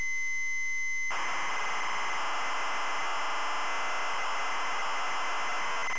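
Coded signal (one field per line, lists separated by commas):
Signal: ZX Spectrum tape loading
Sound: brief near silence, then continuous harsh buzzing data screech with a faint steady whine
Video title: ZX SPECTRUM Loading Fighter Pilot 1983 Digital Integration Ltd.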